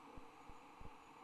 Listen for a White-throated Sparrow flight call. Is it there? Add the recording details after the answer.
no. No flight call is heard. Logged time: 23:36 on 29 November 2014